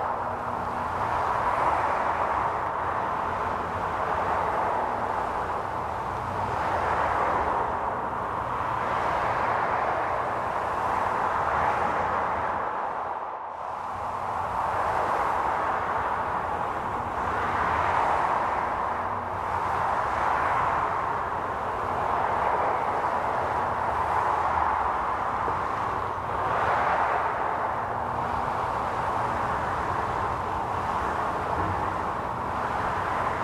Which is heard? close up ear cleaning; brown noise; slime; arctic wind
arctic wind